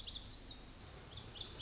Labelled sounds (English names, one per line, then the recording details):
Lazuli Bunting
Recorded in Sonoma County, California